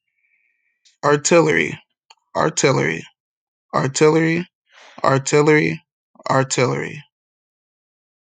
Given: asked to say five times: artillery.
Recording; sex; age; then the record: repeated word; male; 20 to 29 years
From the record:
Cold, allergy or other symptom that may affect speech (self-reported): no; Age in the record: 27 years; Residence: Ohio, United States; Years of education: 14